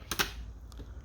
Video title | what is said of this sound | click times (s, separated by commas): How to rebuild a 2016 Ford Focus Gauge Cluster-Focus 3 | and you just give it a light little press and these will snap in place | 0.1 s